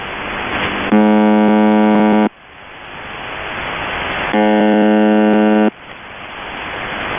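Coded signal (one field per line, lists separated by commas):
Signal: channel marker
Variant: UVB-76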